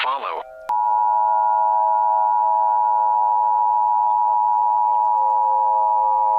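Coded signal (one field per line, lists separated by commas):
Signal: Emergency Alert System (SAME) tones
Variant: 853 and 960 Hz attention tone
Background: speech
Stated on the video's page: Fictional EAS scenario about a nuclear attack, simulated.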